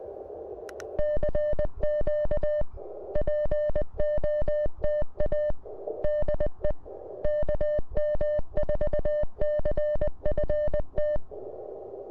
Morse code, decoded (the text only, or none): CQ POTA DE KM4CFT